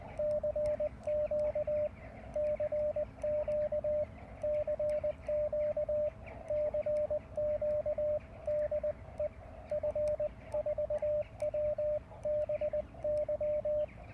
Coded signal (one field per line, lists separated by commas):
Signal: Morse code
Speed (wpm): 20 wpm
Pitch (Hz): 600 Hz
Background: radio noise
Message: CQ CQ CQ CQ DE F4WBY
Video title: A Simple Short Vertical HF Antenna.